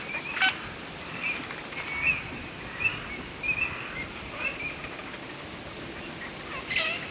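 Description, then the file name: Eurasian teal calls: short, high whistled notes repeated at irregular intervals over steady background hiss, with a few brief louder chirps near the start and end. "Alzavola"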